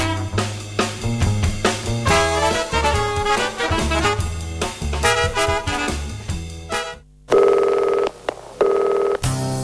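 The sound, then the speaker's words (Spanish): A rapid run of telephone dialing tones with a busy, musical rhythm, then a short silence before loud, steady telephone ringing sounds in bursts separated by brief gaps. “Si querés llamar por teléfono”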